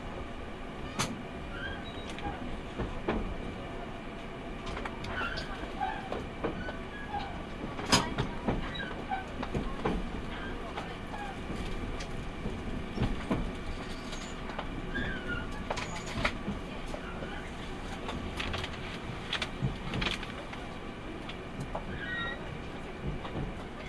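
A train ride heard from aboard: a steady low rumble of the rolling carriage runs throughout, with sharp clicks and knocks from the wheels every second or two. Faint squeals and rattles rise and fade over the continuous hum.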